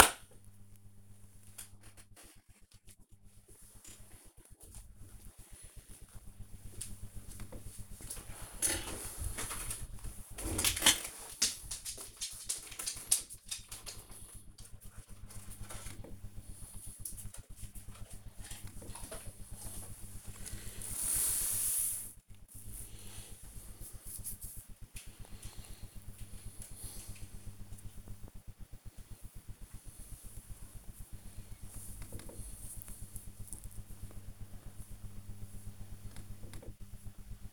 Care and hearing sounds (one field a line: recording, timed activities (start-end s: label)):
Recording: household activities, microphone on the right wrist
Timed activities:
6.27-37.53 s: working on the computer